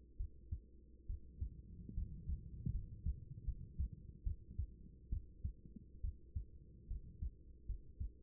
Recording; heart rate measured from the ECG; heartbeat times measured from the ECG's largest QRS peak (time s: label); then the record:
heart sounds by stethoscope; 72 bpm
0.17 s: heartbeat
1.06 s: heartbeat
1.94 s: heartbeat
2.71 s: heartbeat
3.44 s: heartbeat
4.23 s: heartbeat
5.09 s: heartbeat
6.01 s: heartbeat
6.87 s: heartbeat
7.66 s: heartbeat
From the record:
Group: healthy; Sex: female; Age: 24 years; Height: 163 cm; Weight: 55.7 kg